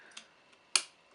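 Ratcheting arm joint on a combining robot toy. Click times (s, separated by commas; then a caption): 0.2 s, 0.8 s. The plastic/diecast arm joint of a combining robot toy, with its shield attached, is moved through its ratchet positions after the mastodon head piece has been taken out. Two sharp clicks sound, a softer one at 0.2 s and a much louder one at 0.8 s. The joint ratchets into position.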